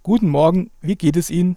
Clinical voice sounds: spoken sentence; German; male; 30 to 39 years; 2; 2; 2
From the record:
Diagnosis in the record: recurrent laryngeal nerve paralysis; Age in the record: 36 years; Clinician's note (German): Links, in Intermediärstellung

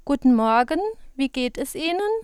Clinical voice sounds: spoken sentence; German; female; 40 to 49 years; 0; 0; 0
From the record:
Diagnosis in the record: healthy voice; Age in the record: 42 years

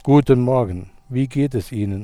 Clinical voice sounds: spoken sentence; German; male; 40 to 49 years; 0; 0; 0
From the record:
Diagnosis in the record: healthy voice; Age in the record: 48 years

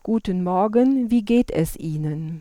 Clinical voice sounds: spoken sentence; German; female; 40 to 49 years; 0; 0; 0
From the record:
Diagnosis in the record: recurrent laryngeal nerve paralysis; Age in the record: 46 years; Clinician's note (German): Links, kompensiert

